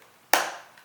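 A plastic prop guard is pressed flush onto the motor arm of a DJI Phantom 3 Professional quadcopter, aligned so it sits flush and doesn't break or damage the arm. A single sharp click at 0.3 s rings out briefly, followed by a faint tap near 0.8 s. The guard seats fully onto the arm.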